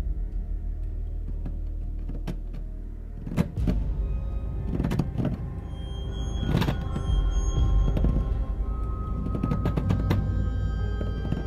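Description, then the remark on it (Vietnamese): A door latched from the inside is rattled and jerked repeatedly by a man trying to get into the room, with sharp knocking thuds and clattering bursts over a steady low rumble, growing busier and louder toward the end. “Dường như là ông Tiến còn đang lục cục giật cánh cửa.”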